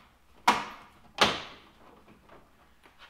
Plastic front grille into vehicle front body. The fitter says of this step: got it there we're just going to push in you'll hear a couple clicks and